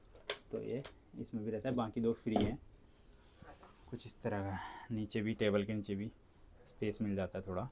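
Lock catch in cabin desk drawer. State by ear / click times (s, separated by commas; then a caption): seated / 0.3 s. A drawer lock catch in a cabin desk drawer, which is a bit tight, is turned and pulled and engages with a sharp click at 0.3 s, locking the drawer so it will not come out. Someone talks throughout the rest of the clip.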